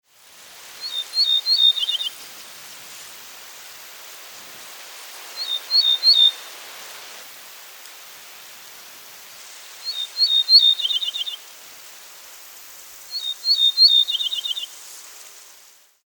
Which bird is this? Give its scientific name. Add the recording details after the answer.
Emberiza hortulana. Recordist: Frommolt, Karl-Heinz. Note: Gesang